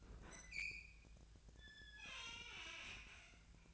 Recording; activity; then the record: daily activity, microphone in the room; open fridge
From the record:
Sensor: 2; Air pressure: 1009.5 hPa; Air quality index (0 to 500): 185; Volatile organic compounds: 11 ppm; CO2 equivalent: 2304 ppm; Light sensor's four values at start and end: 26/63/27/30 and 26/63/27/30